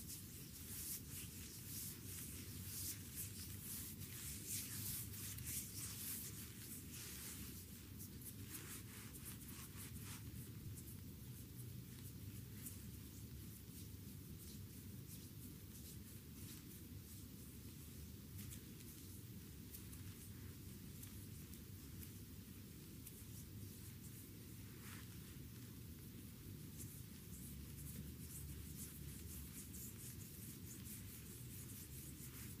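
A foot massage with rose petals, a steady, dense rustling and rubbing. Soft, brushing strokes come through continuously at an even level, with a few brighter swishes near the start and around twenty-five seconds.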